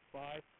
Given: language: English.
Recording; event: throat vibration sensor signal played as sound; speech